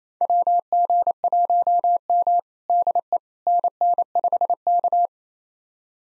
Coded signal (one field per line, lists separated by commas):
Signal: Morse code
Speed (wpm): 28 wpm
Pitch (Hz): 700 Hz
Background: none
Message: WG1M DE NN5K